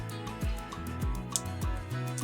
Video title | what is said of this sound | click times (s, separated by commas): How to Change The Band on Your Samsung Galaxy Watch 4: Quick & Easy Guide | and then really really slowly move it until you'll hear a click | 1.4 s